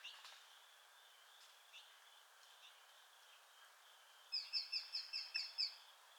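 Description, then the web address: Sharp-shinned Hawk calling a quick series of seven sharp, high kek notes toward the end over a steady high background hiss, with a few faint ticks earlier. "sound Sharp-shinned-hawk. صدای-پرنده-باز-ساقتیز"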